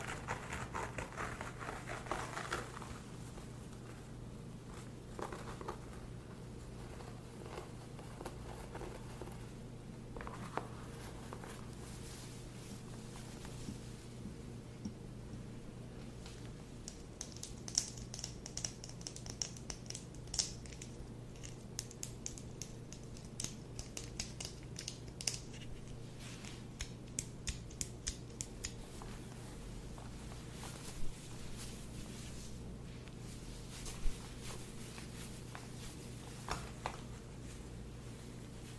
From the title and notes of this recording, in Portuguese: ASMR de massagem completa no seu couro cabeludo.